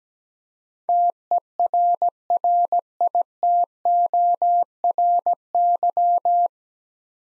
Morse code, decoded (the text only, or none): TERRITORY